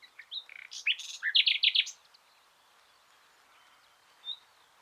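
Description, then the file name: Common nightingale song: a short burst of varied chirps, a harsh buzz and a quick run of loud rich notes, then near silence with one faint whistle. "Luscinia megarhynchos"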